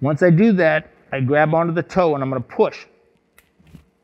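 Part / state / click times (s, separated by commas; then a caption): polyethylene insert into toe joint implant / seated / 3.4 s. Someone talks, then pushes hard on the toe to drive a polyethylene insert into the metal component of a toe joint implant. A short, sharp click at 3.4 s marks the insert snapping and locking into place.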